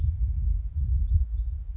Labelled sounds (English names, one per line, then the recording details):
Black-throated Gray Warbler
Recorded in Sonoma County, California